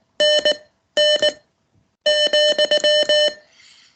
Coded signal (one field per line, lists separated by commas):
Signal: Morse code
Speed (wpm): 19 wpm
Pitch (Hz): 600 Hz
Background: none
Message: NN,